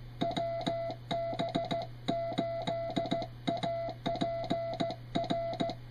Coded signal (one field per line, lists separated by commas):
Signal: Morse code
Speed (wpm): 15 wpm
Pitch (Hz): 670 Hz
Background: music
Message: WB8APR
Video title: Retro QRP On The Air